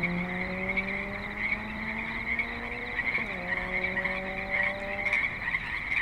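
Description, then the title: Frogs trilling in a steady chorus while a vehicle passes, its engine hum sliding in pitch and then fading away. Creek in suburban Spanish Springs, Nevada, USA; frogs calling with light traffic and other suburban sounds. "Frogs in Spanish Springs, NV - creek view"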